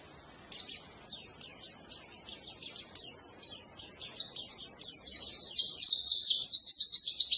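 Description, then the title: White-eye song, a rapid run of high, sharply slurred twittering notes that grows steadily louder and denser, ending in a continuous warbling trill. "pleci"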